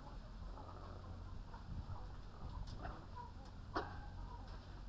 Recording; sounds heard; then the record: poultry house recording; sick chickens (respiratory disease)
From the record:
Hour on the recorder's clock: 21